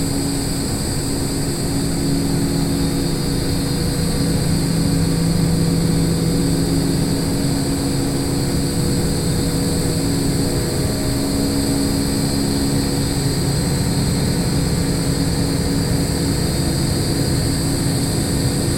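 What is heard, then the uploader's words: Power lines give off a steady, unbroken hum and buzz that holds the same level for the whole stretch. A low drone with a few tonal lines sits under a bright, hissing crackle, and high whining tones ring constantly above it. Nothing starts or stops. Transmission Towers [Bulk Power]. The Sound of Power Lines.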